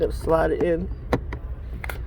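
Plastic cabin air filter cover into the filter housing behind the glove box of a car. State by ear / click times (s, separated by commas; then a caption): seated / 1.8 s. A plastic cabin air filter cover is slid into the filter housing behind the glove box of a 2002 Honda Civic and pushed in until it clicks into place. Someone talks at the start, then sharp taps sound at 1.1 and 1.3 seconds, and the click comes at 1.8 seconds, showing the cover is seated.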